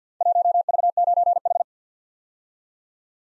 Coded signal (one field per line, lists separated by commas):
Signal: Morse code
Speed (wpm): 47 wpm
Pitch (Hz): 700 Hz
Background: none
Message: 1V9H